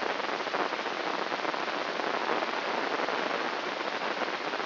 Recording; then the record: brain microelectrode recording played as sound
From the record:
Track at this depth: outside the subthalamic nucleus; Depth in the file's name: 8.228 mm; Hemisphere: left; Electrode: 3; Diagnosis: Parkinson's disease